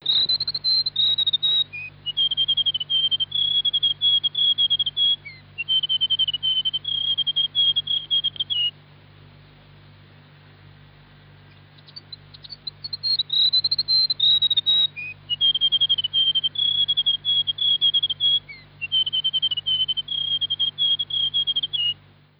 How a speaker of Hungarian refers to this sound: És befejezésül hadd mutassam be az új-zélandi madárvilágnak egy kis fütyművészét, egy poszátafélét. Egész repertoárja van a különböző dallamokból.